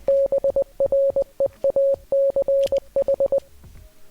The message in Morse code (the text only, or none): BREACH